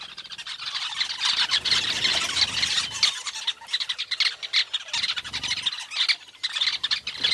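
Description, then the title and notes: Weavers chattering, a dense mass of harsh squawking and squealing calls from many birds, with brief pauses and bursts throughout. Recorded at a large weaver nest in Etosha National Park, Namibia. "Secret Life Of A Weaver Nest. a large Weaver nest in Etosha NP, Namibia"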